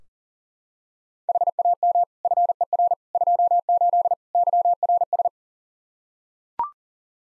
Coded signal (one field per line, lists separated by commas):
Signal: Morse code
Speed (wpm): 40 wpm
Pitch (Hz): 700 Hz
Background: none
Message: HAM FER 28 YRS